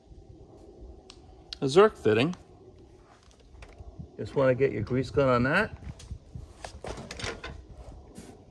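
A Utool pistol grease gun's coupler is brought up to the zerk grease fitting on a mower and lined up before it is pushed on, with faint taps and knocks of handling while someone talks. Nothing has seated or clicked yet.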